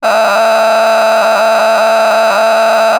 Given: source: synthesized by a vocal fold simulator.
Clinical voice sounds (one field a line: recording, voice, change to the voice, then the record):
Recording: sustained vowel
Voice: female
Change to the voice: a random mix of aspiration noise, stiffness perturbation and strain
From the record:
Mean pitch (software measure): 220 Hz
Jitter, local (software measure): 4.00%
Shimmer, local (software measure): 8.1%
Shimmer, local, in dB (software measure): 0.72 dB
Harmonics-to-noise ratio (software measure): 7.6 dB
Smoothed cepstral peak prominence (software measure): 10.4 dB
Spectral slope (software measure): -15.9 dB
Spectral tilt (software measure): -8.8 dB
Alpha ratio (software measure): -6.4 dB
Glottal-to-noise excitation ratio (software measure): 0.914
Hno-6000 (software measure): 1.6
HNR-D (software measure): 27.8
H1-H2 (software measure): -2.0 dB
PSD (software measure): 2.0e-04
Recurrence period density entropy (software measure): 0.129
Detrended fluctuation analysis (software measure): 0.0113